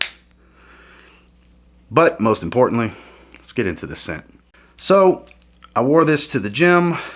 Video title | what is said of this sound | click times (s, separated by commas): Mont Blanc Explorer Ultra Blue REVIEW | and then the cap does click into place | 0.0 s